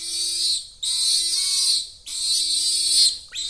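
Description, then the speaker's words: Bonobo infant crying in long, shrill, wailing screams, several drawn-out cries with brief breaks between them, steady and high-pitched throughout. Baby bonobo having a tantrum at the Lola Ya Bonobo sanctuary, Democratic Republic of the Congo, where baby bonobos are raised by human surrogate mothers; said to sound like a human. "Oh, poor baby bonobo. It sounds like a human."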